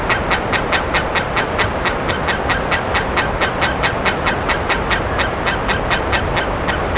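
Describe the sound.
Bird calling with quick, evenly spaced rasping notes, continuing without pause over a hissing background.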